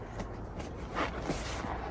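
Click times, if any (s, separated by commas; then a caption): none. A headrest is handled above the replacement molded carbon fiber seat back of a 2021+ Model S or X, its posts lined up with the seat back guides. Only low handling noise and faint rustling are heard, with no talk. Nothing has seated or clicked yet.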